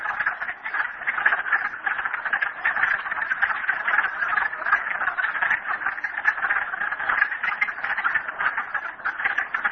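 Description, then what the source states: Many frogs croaking at once, a loud continuous rattling chorus with no gaps. Frogs recorded at Merryspring.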